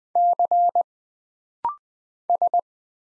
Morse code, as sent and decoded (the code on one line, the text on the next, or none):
-.-. / ...
C S